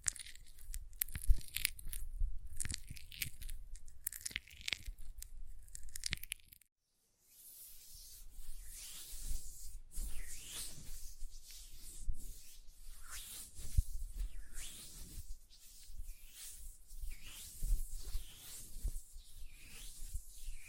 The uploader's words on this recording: ASMR Hand Sounds, Nail Tapping and Lotion Sounds (No Talking).